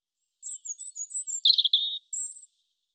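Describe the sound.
European robin song: a very high thin whistled strand, then a lower rapid rattling trill and a final high whistle, all within about two seconds.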